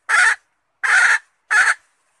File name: tieng ga rung mai keu tim kiem ban tinh